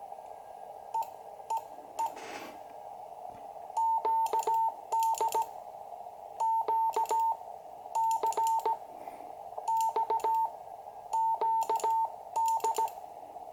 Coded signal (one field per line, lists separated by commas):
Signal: Morse code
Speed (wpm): 17 wpm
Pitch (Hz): 900 Hz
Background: radio noise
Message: E E E QD QCX QD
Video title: #8: QCX - first QSO after repair with Jerry, SP3MEY/QRP